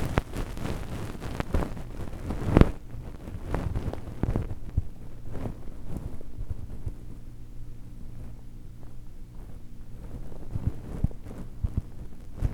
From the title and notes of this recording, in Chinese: 睡眠導入 絨毛掏耳。